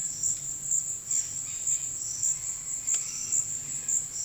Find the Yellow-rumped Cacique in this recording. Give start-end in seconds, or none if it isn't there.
0.00-4.03